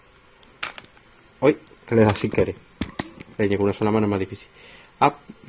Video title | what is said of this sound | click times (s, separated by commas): 🍏 Como METER un CARTUCHO de Nintendo SWITCH 🌲 Como USAR un CARTUCHO de Nintendo Switch 🍀 | hasta que haga clic y se quede totalmente dentro, cerramos la tapa y | 0.6 s